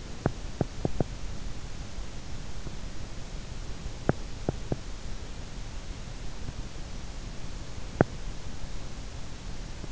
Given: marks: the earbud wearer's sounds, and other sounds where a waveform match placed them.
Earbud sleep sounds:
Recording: sounds in sleep by an in-ear microphone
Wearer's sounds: teeth grinding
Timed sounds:
0.00-1.42 s: teeth grinding
3.77-5.02 s: teeth grinding
7.80-8.29 s: teeth grinding

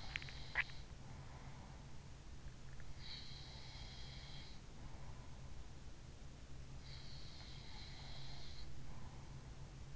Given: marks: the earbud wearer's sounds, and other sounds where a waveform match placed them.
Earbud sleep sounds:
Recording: sounds in sleep by an in-ear microphone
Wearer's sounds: teeth grinding, swallowing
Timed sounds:
0.00-0.37 s: teeth grinding
0.12-0.86 s: swallowing
2.98-4.64 s: sound from someone else or the room
6.79-9.33 s: sound from someone else or the room

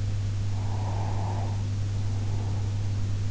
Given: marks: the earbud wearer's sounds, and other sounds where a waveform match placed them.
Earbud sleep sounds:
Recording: sounds in sleep by an in-ear microphone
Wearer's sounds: breath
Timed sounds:
0.61-3.07 s: breath

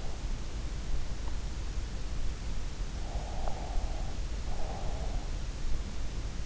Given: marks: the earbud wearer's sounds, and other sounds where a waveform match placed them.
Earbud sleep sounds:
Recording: sounds in sleep by an in-ear microphone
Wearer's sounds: breath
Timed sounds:
3.05-5.25 s: breath

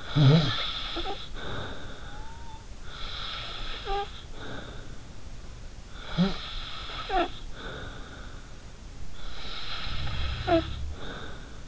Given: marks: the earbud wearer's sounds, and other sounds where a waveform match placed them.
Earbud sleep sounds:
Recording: sounds in sleep by an in-ear microphone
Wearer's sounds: snoring breath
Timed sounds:
0.00-2.63 s: snoring breath
2.84-4.98 s: snoring breath
5.88-8.57 s: snoring breath
9.18-11.67 s: snoring breath
9.87-11.53 s: sound from someone else or the room

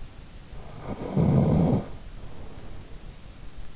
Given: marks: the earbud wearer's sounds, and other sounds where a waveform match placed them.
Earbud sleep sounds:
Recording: sounds in sleep by an in-ear microphone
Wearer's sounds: snoring breath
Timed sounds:
0.64-3.29 s: snoring breath

